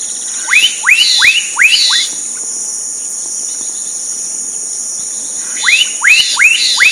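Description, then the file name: Black-capped donacobius giving rising whistled notes in two series of four, about three per second, over a steady high insect drone. Recorded at Sertão, Mongaguá, São Paulo, Brazil, on 27 December 2016. "Donacobius-atricapilla-Sertao Mongagua-SP-27-12-16-ASilveira"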